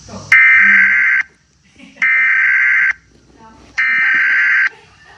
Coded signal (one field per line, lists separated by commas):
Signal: Emergency Alert System (SAME) tones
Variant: header bursts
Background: speech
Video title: EAS scenario 2: Assasin Skeletons